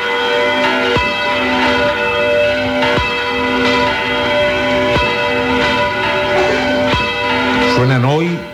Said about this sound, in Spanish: Están sonando ocho campanas desde dos torres diferentes de esta Santa Iglesia Catedral de Ceuta.